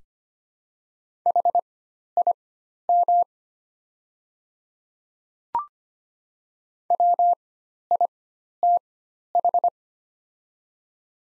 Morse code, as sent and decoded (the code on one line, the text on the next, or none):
.... .. -- / .-- .. - ....
HIM WITH